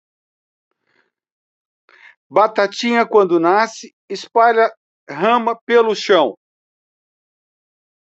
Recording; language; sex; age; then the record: short text; Brazilian Portuguese; male; 70 to 79 years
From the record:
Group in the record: control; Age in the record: 70 years